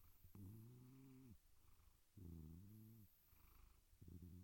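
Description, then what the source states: Domestic cat giving three drawn-out, low, harmonic meows, the last cut off, separated by short pauses over a quiet purr-like rumble. Gentle domestic cat meows and purrs.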